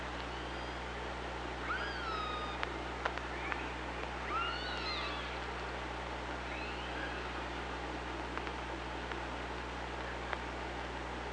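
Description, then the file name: Killer whale calls underwater, several whistled, upsweeping and looping tones over steady hiss, with scattered sharp clicks. OrcaLab hydrophone recording, 24 August 2017, about 05:57. "Orca Lab UTLN JASON 20170824 055757"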